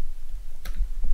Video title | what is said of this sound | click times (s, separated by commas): Review M4 D-Series Sopmod VFC [FR] | Vous entendez un clic, | 0.7 s